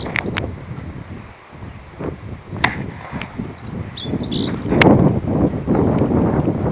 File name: meadow bunting